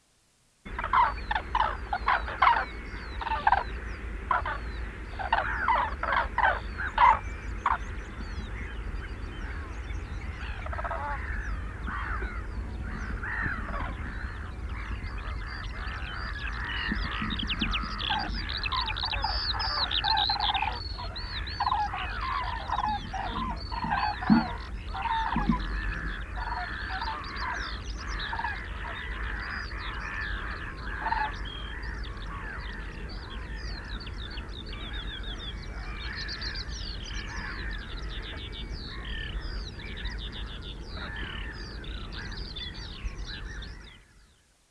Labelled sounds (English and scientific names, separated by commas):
Common Crane (Grus grus)